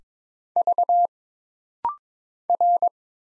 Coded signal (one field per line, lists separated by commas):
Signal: Morse code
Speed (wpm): 22 wpm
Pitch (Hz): 700 Hz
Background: none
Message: V R